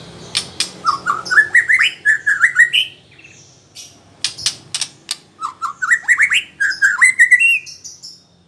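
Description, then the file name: White-rumped shama song in two bursts, each a rapid ladder of whistled notes rising in pitch among crisp clicks, separated by a short gap. Female. "murai batu betina"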